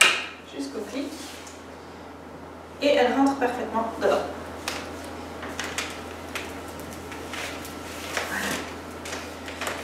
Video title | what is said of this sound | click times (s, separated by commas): Reportage Britax B-agile | vient aussi se mettre sur les aberrations jusqu'au clic et | 0.0 s